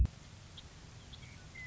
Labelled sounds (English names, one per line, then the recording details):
Western Meadowlark
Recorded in Sonoma County, California